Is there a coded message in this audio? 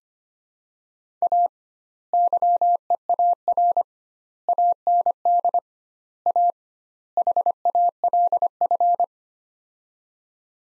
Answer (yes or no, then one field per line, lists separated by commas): yes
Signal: Morse code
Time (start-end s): 1.2-9.0 s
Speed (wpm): 25 wpm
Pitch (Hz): 700 Hz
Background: none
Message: A YEAR AND A HALF